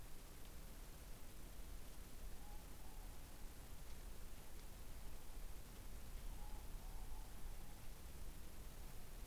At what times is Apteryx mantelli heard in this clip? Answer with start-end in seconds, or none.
none